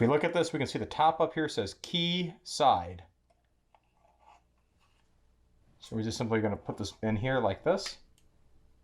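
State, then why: Not seated. Someone talks while handling a keyed plug-in part, marked "key side" on top, and lining it up to push into its receptacle. Only faint, quiet handling ticks are heard between and after the speech, around 3.8 s and 8.2 s. Nothing has seated or clicked into place yet.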